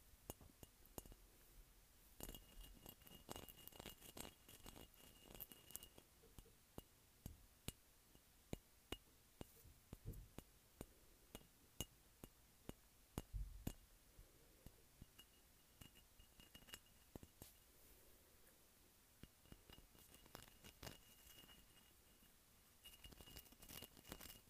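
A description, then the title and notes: Dense tapping on bumpy glass, quick irregular clicks with brief bright ringing tones, steady throughout. ASMR Tapping Bumpy Glass.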